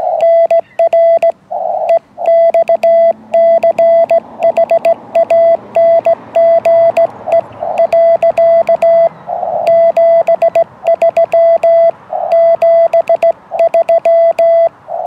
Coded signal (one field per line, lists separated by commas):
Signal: Morse code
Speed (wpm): 17 wpm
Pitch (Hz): 670 Hz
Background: radio noise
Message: NR EXCHANGE . 73 73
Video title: K8ZAA QSO with N9SAB VE3FAL Linked Dipole and YouKits 40m Rig